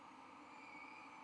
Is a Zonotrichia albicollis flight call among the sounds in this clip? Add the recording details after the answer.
no. No flight call is heard. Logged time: 21:41 on 13 November 2014